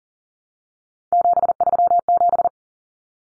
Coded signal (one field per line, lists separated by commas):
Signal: Morse code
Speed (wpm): 40 wpm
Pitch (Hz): 700 Hz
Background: none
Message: 737